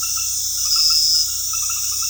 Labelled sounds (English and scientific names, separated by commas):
none